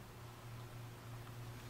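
The stripped end of an EL wire is laid into an open plastic snap-on wire connector before it is closed. Only quiet handling is heard over a steady low hum and faint hiss, with no hits. The connector has not been snapped shut yet, and nothing has clicked.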